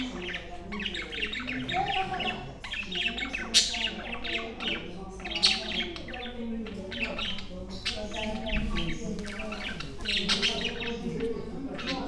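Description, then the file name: Parakeet flock calls, rapid grating squawks and high chirps tumbling over one another with louder shrieks now and then, and a constant low background hum. "perruches"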